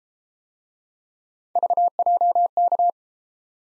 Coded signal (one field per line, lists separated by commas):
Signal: Morse code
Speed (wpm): 30 wpm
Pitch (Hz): 700 Hz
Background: none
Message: VJK